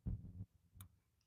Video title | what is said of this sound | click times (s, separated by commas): Jeep Grand Cherokee Spark Plug Replacement PT. 2 | I heard my audible click and lock it. I heard another click. So, we're good to go. | 0.8 s